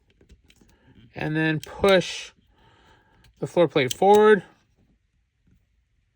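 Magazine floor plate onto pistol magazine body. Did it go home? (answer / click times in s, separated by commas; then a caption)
no / none. A magazine floor plate is slid forward over the spring's retaining plate on an FN Reflex pistol magazine body during a Magblock installation, while someone talks. Faint small ticks sound near the start and around 3.2 s, but the plate has not yet clicked into its locked position in this clip.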